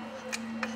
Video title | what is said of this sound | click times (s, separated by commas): FIRST FIRE OF THE WRX RALLY CAR! #RutsAndGuts | Make sure it clicks. There you go. Look at that. Do that again for me. | 0.3 s, 0.6 s